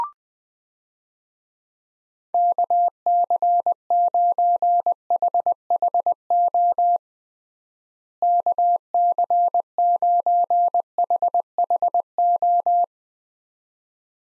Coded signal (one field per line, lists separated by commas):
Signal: Morse code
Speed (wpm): 20 wpm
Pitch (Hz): 700 Hz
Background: none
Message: KC9HHO KC9HHO